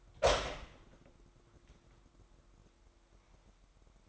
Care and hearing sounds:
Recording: daily activity, microphone in the room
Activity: open door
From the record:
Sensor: 3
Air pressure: 998.4 hPa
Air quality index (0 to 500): 137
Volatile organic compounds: 4 ppm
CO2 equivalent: 1635 ppm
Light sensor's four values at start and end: 17/47/19/18 and 17/47/19/18

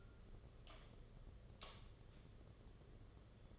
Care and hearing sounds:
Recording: daily activity, microphone in the room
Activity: light on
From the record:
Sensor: 4

